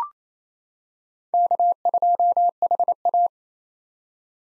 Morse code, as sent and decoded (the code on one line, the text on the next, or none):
-.- ..--- .... .-
K2HA